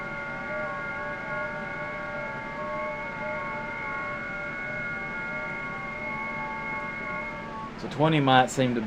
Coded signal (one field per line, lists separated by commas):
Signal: FT8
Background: speech